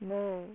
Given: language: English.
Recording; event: throat vibration sensor signal played as sound; speech